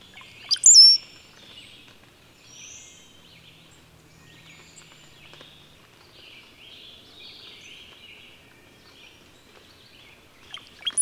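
Bird song, a sharp high whistled phrase at the start and another at the very end, with a faint twittering chorus of other birds in between.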